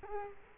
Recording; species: mosquito wingbeat signal from an infrared sensor; Culex quinquefasciatus